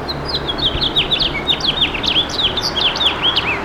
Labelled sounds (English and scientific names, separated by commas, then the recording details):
House Finch (Haemorhous mexicanus) song
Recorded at Babylon on Long Island, New York, on 18 May 2013
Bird F